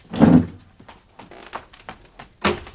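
A door opens with a heavy low thump, followed by a few scattered light knocks and rattles, then a sharper, louder clunk at the end. No one speaks.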